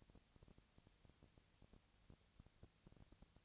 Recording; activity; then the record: daily activity, microphone in the room; no activity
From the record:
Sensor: 3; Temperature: 20.6 degrees Celsius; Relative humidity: 35.7%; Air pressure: 998.8 hPa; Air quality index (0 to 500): 235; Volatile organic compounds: 71 ppm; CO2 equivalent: 3525 ppm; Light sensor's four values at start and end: 2/3/2/2 and 2/3/2/2